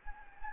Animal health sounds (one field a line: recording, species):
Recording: mosquito wingbeat signal from an infrared sensor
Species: Anopheles gambiae